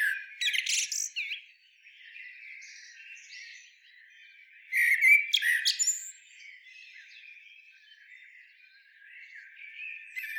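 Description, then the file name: Eurasian blackbird song, two short phrases of low fluty warbling ending in high squeaky twitters, separated by a few seconds of faint, soft warbling. "Turdus merula"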